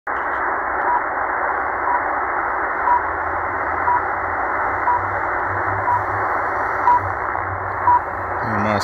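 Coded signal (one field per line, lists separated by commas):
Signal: radio time signal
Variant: RWM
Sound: hissy shortwave static with a short high tick once each second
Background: radio static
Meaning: Each short tick marks one second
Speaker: moscow uh rwm mascot time signal received on the texan h501x using the telescopic antenna only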